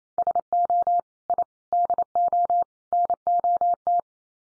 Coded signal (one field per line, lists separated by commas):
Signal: Morse code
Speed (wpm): 28 wpm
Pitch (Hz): 700 Hz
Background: none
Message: SO I DO NOT